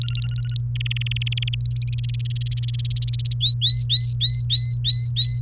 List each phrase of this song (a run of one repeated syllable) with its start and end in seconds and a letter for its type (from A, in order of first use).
0.01-0.57 A, 0.76-1.55 B, 1.61-3.34 C, 3.41-5.39 D